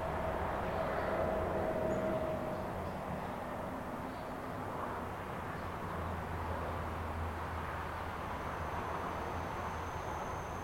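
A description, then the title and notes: Backyard sound of steady passing traffic, a dense low rumble with a faint thin whine early on and a high tone near the end. Maple Leaf 4:55 AM. Recorded in our backyard.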